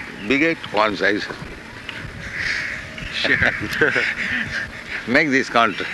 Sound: laughs

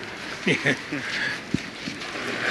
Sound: chuckles

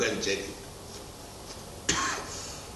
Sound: coughs heavily

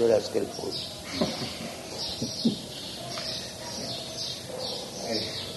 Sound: laughs

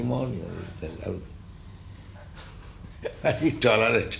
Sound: laughs

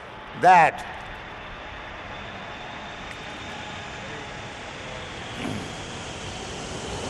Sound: airplane passing overhead

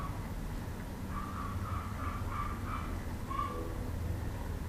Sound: dogs barking

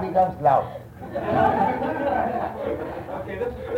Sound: laughter continues

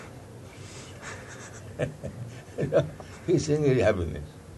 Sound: laughs

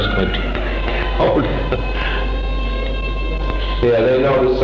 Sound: laughs

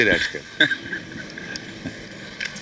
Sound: laughter

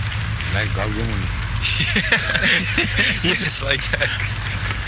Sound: laughter

